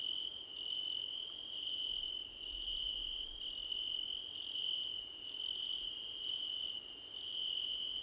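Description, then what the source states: Crickets chirping together: one unbroken high-pitched trill beneath rapid pulsed chirp trains, broken by brief pauses. Crickets chirping together, described as a choir competition.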